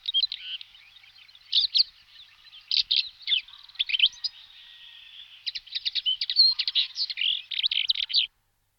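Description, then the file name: Black-eared wheatear giving a long, rambling scratchy warble with rapid chattering notes and only short pauses. "Belorit okrovy Oenanthe hispanica"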